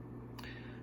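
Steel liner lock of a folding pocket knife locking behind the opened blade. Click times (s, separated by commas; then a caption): 0.4 s. A vintage Sears Craftsman model 95074 folding pocket knife made by Schrade is opened, and its steel liner lock snaps into place behind the blade. A sharp click at 0.4 s and another at 0.4 s stand out over a steady low hum, and the liner lock is seated.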